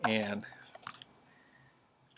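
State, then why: Seated. A fresh removable battery is pushed into a 360 action camera body and seats with two sharp clicks at 0.9 s and 1.0 s. Someone talks briefly at the start. The battery snaps into place.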